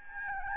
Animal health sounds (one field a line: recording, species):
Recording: mosquito wingbeat signal from an infrared sensor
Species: Aedes albopictus